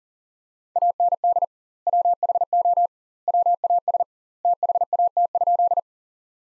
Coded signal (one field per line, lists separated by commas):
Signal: Morse code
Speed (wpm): 37 wpm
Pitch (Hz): 700 Hz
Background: none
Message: AND WHO WAS THAT?